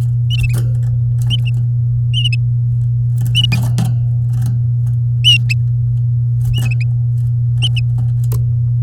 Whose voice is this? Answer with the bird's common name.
Domestic Canary